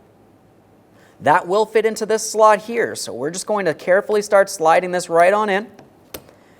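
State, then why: Seated. A new plastic wiper blade adapter for the front wipers of a 2013-2020 Ford Fusion is slid into its slot on the blade and pressed in. Someone talks from about 1.2 s to 5.6 s, then a single sharp click at 6.2 s shows the adapter has locked onto the blade; it is wiggled afterward to check that it is secure.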